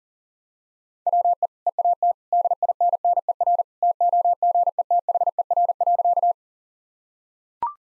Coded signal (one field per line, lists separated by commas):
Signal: Morse code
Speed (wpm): 40 wpm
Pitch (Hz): 700 Hz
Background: none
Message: WE EAT DINNER TOGETHER.